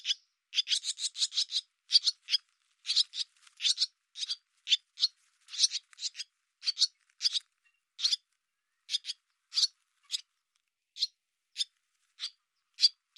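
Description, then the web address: Bird calling with a fast rasping chatter at first, then spaced single scratchy notes. "cianscape birddata Deverinetal 2025"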